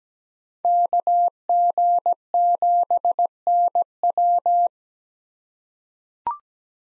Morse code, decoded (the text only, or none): KG7NW